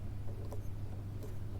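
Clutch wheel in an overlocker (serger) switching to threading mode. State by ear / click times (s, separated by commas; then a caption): not seated / none. A clutch wheel on an overlocker (serger) is turned by hand to switch it from sewing to threading mode, with a steady low hum and faint light ticks around 0.5 and 1.2 seconds. Nothing has seated or clicked yet; the clutch has not locked into position by the end.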